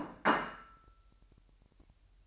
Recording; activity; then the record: daily activity, microphone in the room; place plate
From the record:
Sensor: 2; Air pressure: 1001.9 hPa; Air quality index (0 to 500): 247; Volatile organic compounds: 39 ppm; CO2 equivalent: 3133 ppm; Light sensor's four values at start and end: 8/28/11/10 and 8/28/11/10